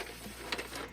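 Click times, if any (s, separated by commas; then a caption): 0.5 s. A spring latch on a leg of a DuraTruss DT-PRO4000 portable truss stand is pressed down to engage it. A sharp metallic snap at 0.5 s stands out over a low steady background hum, and the latch snaps back in and is seated.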